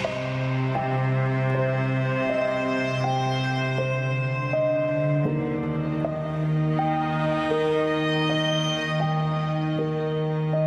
String music set against a back drop of quiet wind and birds